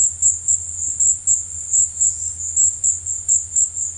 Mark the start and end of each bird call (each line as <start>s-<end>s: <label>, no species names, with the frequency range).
1.77s-2.37s: bird call (4.1-6.7 kHz)